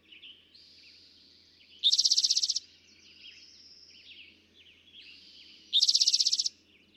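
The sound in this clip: Eastern towhee song: a loud, fast buzzy trill given twice about four seconds apart, with soft fainter notes between.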